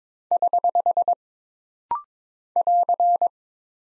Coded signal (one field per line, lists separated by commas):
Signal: Morse code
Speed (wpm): 22 wpm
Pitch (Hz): 700 Hz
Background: none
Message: <HH> <AR>